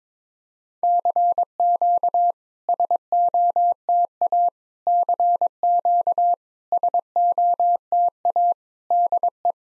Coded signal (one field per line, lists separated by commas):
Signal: Morse code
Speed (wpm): 22 wpm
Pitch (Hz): 700 Hz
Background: none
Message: CQ SOTA CQ SOTA DE